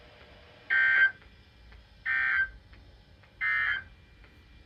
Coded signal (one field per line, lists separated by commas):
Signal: Emergency Alert System (SAME) tones